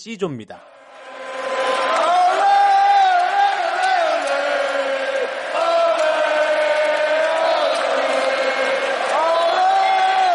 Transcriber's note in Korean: 녹취: 축구장 관중 함성